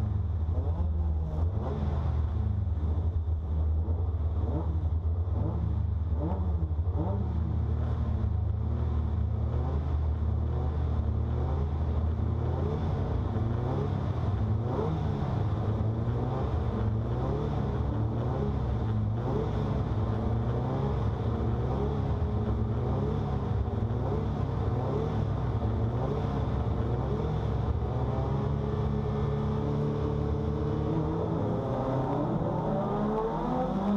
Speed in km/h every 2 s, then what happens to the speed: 0, 0, 0, 0, 0, 0, 0, 0, 0, 0, 0, 0, 0, 0, 0, 39, 55.
0-29 standing. 29-34 pulls away to 55.